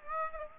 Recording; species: mosquito wingbeat signal from an infrared sensor; Aedes aegypti